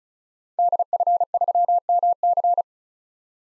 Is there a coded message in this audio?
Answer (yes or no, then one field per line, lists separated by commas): yes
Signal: Morse code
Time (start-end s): 0.6-2.6 s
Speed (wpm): 36 wpm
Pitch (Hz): 700 Hz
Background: none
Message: DF3MC